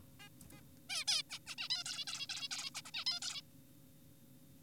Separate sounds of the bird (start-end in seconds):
0.20-0.29, 0.51-0.61, 0.90-1.05, 1.08-1.22, 1.30-1.39, 1.47-1.55, 1.58-1.68, 1.70-1.84, 1.86-2.05, 2.07-2.27, 2.30-2.48, 2.51-2.70, 2.75-2.82, 2.85-2.91, 2.94-3.04, 3.07-3.20, 3.22-3.42